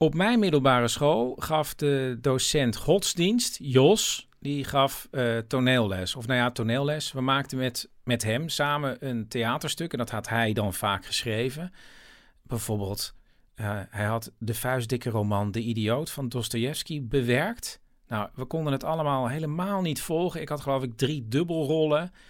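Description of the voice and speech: One adult man speaks fluent Dutch in a steady, clear, ordinary voice at a relaxed narrative pace.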